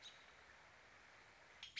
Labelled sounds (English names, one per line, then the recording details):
American Robin
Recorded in Sonoma County, California